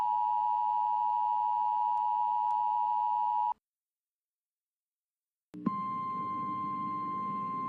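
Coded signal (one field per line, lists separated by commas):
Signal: Emergency Alert System (SAME) tones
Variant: 853 and 960 Hz attention tone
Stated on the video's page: Simulation of how a real severe thunderstorm watch would sound if sent over EAS.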